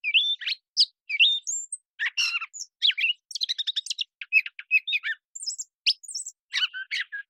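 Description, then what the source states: Gray catbird song of rapid mixed notes, nasal whines, slurred whistles and scratchy chatter tumbling together with short gaps. Male's one long developing song string, phrases sung almost at random with some repeated notes; cleaned and processed from a parabolic recording.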